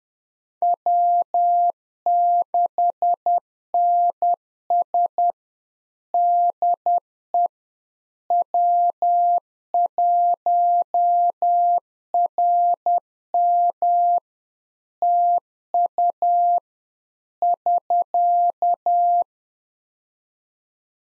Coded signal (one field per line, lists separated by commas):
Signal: Morse code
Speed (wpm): 10 wpm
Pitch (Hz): 700 Hz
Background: none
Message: W6NS DE W1RM TU <SK>